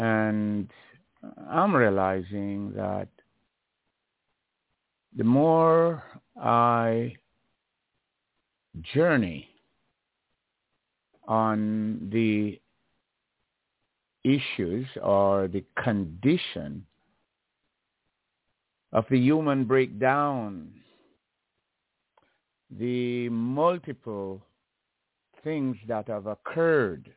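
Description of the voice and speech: Adult male speaker who stutters, a stammer he describes as natural and learned. His speech breaks into short fragments separated by long silent pauses of one to two seconds, with drawn-out sounds at the starts of phrases.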